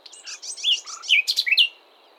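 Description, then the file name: Common nightingale phrase of quick scratchy notes followed by several sharp, loud, downslurred whistles, lasting under two seconds. "Luscinia megarhynchos"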